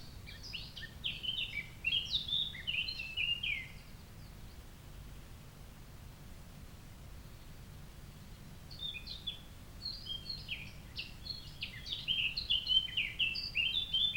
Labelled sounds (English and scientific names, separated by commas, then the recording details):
Eurasian Blackcap (Sylvia atricapilla) song
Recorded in the wild
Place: Ossiach, Ossiachersee, Kärnten, AT
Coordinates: 46.6724, 13.9494
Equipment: Hornyphon, Phillips Mikrofon
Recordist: Brunner, Thomas